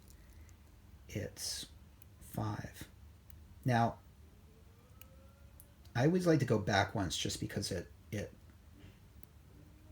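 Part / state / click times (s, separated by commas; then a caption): rotating bezel on a wristwatch case / not seated / none. Someone talks while handling the metal rotating bezel on the wristwatch case of a Rolex GMT Master II, turning it back one step so it settles in its detent because it clicks into place better that way. A few faint, short ticks sound between the speech. The clip ends before the bezel goes home; nothing has clicked into place yet.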